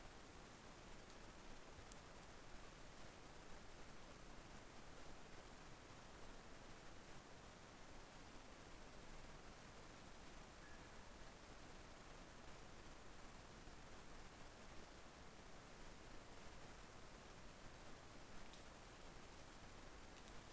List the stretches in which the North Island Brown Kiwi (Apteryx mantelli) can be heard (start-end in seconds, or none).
none